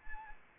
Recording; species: mosquito wingbeat signal from an infrared sensor; Anopheles arabiensis